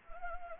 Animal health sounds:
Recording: mosquito wingbeat signal from an infrared sensor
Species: Anopheles gambiae

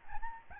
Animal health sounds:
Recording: mosquito wingbeat signal from an infrared sensor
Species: Aedes albopictus

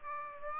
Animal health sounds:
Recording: mosquito wingbeat signal from an infrared sensor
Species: Aedes aegypti

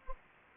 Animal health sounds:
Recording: mosquito wingbeat signal from an infrared sensor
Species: Anopheles gambiae

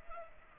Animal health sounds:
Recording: mosquito wingbeat signal from an infrared sensor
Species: Culex pipiens

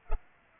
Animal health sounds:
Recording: mosquito wingbeat signal from an infrared sensor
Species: Culex pipiens

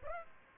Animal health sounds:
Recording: mosquito wingbeat signal from an infrared sensor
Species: Aedes aegypti

